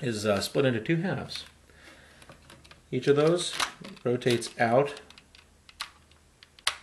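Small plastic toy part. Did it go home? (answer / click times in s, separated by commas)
yes / 6.7 s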